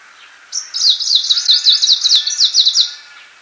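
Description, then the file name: Icterine warbler song: one sustained, high, rapidly pulsing trill lasting over two seconds. "peresmeshka zelenaja"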